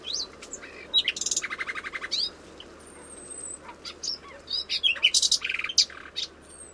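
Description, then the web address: Bird calls: mixed high chirps, buzzy trilled bursts and a thin drawn-out whistle, over a low steady hiss. "Bird Only"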